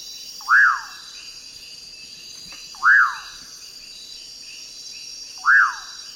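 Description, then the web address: Common pauraque repeating a slurred, whistled call three times, roughly every two and a half seconds, with a continuous high insect buzz in the background. Eastern lowlands of South America. "Natures Songs S America Eastern Lowlands. Pauraque"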